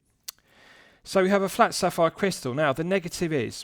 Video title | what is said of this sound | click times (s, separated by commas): Seiko SUR311P1 4K Watch Review | and deploys freely snapshot with a nice positive click | 0.3 s